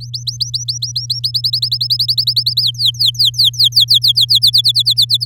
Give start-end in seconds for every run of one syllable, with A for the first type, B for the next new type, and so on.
0.00-1.20 A, 1.23-2.62 B, 2.63-4.39 C, 4.42-5.25 D